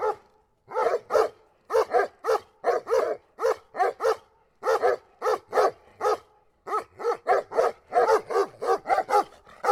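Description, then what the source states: Dogs barking almost continuously, two animals overlapping in fast irregular runs of short sharp barks, with a few short pauses. Two dogs barking together in a polyrhythmic duo.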